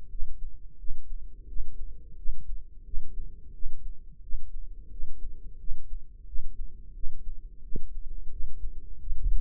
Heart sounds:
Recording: heart sounds by microphone in the right ear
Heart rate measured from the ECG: 88 bpm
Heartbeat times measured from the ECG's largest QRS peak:
0.10 s: heartbeat
0.78 s: heartbeat
1.47 s: heartbeat
2.16 s: heartbeat
2.85 s: heartbeat
3.53 s: heartbeat
4.21 s: heartbeat
4.90 s: heartbeat
5.58 s: heartbeat
6.26 s: heartbeat
6.94 s: heartbeat
7.62 s: heartbeat
8.31 s: heartbeat
8.99 s: heartbeat
From the record:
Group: healthy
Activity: rest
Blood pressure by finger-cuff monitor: 118/67 mmHg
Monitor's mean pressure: 82 mmHg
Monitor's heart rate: 88 bpm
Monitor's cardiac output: 6.5 L/min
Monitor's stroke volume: 74 mL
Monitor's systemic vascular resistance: 900 dyn s/cm5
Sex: female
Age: 43 years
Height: 160 cm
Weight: 90 kg

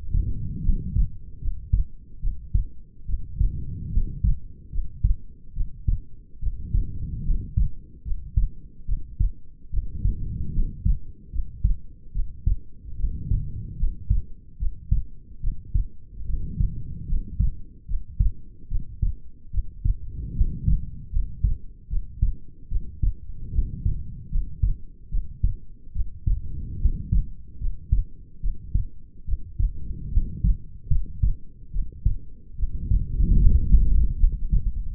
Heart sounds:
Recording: heart sounds by stethoscope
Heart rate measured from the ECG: 73 bpm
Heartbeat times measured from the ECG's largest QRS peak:
0.62 s: heartbeat
1.39 s: heartbeat
2.20 s: heartbeat
3.06 s: heartbeat
3.90 s: heartbeat
4.70 s: heartbeat
5.53 s: heartbeat
6.39 s: heartbeat
7.23 s: heartbeat
8.03 s: heartbeat
8.85 s: heartbeat
9.70 s: heartbeat
10.52 s: heartbeat
11.30 s: heartbeat
12.12 s: heartbeat
12.96 s: heartbeat
13.77 s: heartbeat
14.57 s: heartbeat
15.40 s: heartbeat
16.25 s: heartbeat
17.06 s: heartbeat
17.86 s: heartbeat
18.68 s: heartbeat
19.50 s: heartbeat
20.34 s: heartbeat
21.11 s: heartbeat
21.88 s: heartbeat
22.68 s: heartbeat
23.51 s: heartbeat
24.29 s: heartbeat
25.09 s: heartbeat
25.92 s: heartbeat
26.78 s: heartbeat
27.58 s: heartbeat
28.40 s: heartbeat
29.25 s: heartbeat
30.10 s: heartbeat
30.89 s: heartbeat
31.71 s: heartbeat
32.55 s: heartbeat
33.37 s: heartbeat
34.17 s: heartbeat
From the record:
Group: healthy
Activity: rest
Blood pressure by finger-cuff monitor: 102/83 mmHg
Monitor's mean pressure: 89 mmHg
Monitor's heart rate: 73 bpm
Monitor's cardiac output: 5.4 L/min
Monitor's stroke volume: 75 mL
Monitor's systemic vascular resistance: 1200 dyn s/cm5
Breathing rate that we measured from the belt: 18 breaths a minute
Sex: female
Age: 22 years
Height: 160 cm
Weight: 45 kg

